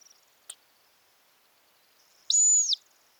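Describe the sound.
Montagu's harrier giving a single thin, high whistled call lasting about half a second, flat and steady, after a brief click earlier on.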